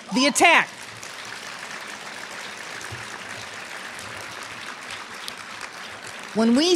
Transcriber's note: applause